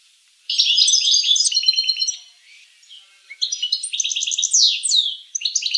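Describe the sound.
Finch song: two fast chattering phrases of high, buzzy repeated notes with quick downward slides, separated by a short quiet gap.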